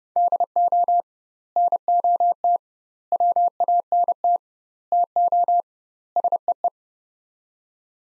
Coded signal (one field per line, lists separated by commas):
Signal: Morse code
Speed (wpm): 30 wpm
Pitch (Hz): 700 Hz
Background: none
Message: DO NOT WANT TO SEE